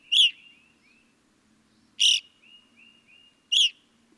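Evening grosbeak giving three loud chirps, with soft whistled notes between them.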